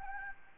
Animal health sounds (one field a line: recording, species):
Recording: mosquito wingbeat signal from an infrared sensor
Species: Anopheles gambiae